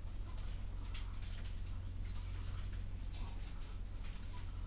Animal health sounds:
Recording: poultry house recording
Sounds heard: sick chickens (respiratory disease)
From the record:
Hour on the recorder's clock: 11

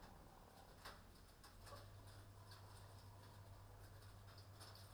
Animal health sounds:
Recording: poultry house recording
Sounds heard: sick chickens (respiratory disease)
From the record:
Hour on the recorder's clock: 21

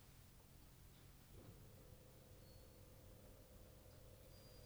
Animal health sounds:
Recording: poultry house recording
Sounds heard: no chicken sound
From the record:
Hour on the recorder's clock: 23

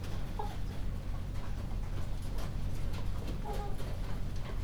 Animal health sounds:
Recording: poultry house recording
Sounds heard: sick chickens (respiratory disease)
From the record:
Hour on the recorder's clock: 21

